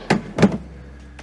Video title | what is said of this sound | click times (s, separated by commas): Endlich da meine Roomtour Der spezielle 4x4 Camper | Schnappt ein, passt. | 0.1 s